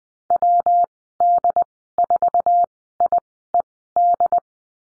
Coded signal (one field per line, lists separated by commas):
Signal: Morse code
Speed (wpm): 20 wpm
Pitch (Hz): 700 Hz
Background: none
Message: WD4IED